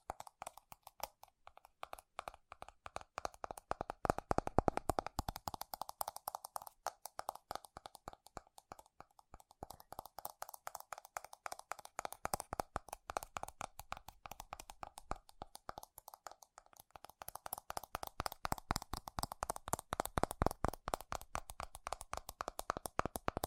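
Fast, furious tapping on metal, a dense stream of sharp clicks and ticks with a bright ringing edge. The taps come in rapid bursts that thin out briefly around the middle and near the end, then pick up again at full speed.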